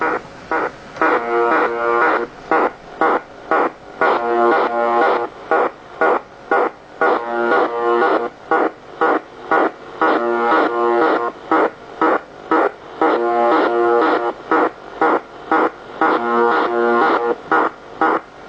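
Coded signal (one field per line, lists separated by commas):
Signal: channel marker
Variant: UVB-76 (The Buzzer)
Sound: harsh low buzz repeating about every two seconds, with a pulsing hiss in rhythm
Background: radio static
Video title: Weird pulse noise on UVB-76 / The Buzzer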